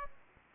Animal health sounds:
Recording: mosquito wingbeat signal from an infrared sensor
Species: Aedes aegypti

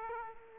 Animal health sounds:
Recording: mosquito wingbeat signal from an infrared sensor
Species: Aedes aegypti

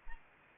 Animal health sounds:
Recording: mosquito wingbeat signal from an infrared sensor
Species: Anopheles arabiensis

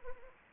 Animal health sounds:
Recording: mosquito wingbeat signal from an infrared sensor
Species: Anopheles arabiensis

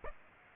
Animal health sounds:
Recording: mosquito wingbeat signal from an infrared sensor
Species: Aedes aegypti

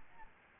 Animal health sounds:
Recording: mosquito wingbeat signal from an infrared sensor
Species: Aedes albopictus

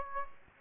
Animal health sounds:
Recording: mosquito wingbeat signal from an infrared sensor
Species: Aedes aegypti

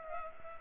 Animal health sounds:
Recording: mosquito wingbeat signal from an infrared sensor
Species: Culex pipiens

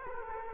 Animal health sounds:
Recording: mosquito wingbeat signal from an infrared sensor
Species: Culex quinquefasciatus

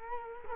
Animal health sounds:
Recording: mosquito wingbeat signal from an infrared sensor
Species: Culex quinquefasciatus

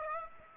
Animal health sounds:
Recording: mosquito wingbeat signal from an infrared sensor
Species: Aedes aegypti

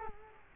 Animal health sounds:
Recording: mosquito wingbeat signal from an infrared sensor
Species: Culex quinquefasciatus

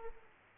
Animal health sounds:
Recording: mosquito wingbeat signal from an infrared sensor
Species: Aedes aegypti

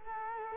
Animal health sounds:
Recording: mosquito wingbeat signal from an infrared sensor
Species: Culex quinquefasciatus

